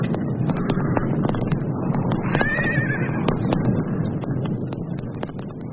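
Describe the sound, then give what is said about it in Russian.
A horse whinnies with a high, wavering call lasting about a second, set against steady wind-like noise and scattered clicks and thumps. “Ну вот, и одобрительно заржал конь потом.”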